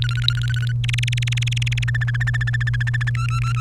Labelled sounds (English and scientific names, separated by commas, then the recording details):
Domestic Canary (Serinus canaria) song
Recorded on 30 April 2018 at 16:49
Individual llb3